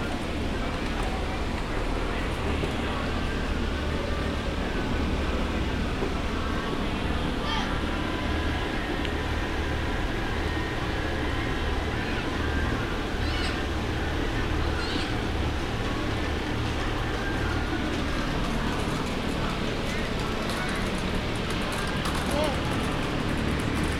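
A walk through Animal Kingdom, filled with a steady, dense hum of crowd chatter and a low rumble underneath. Voices blend into an unbroken murmur, with a few brighter calls or clinks standing out around 7, 13 and 15 seconds and again near 22.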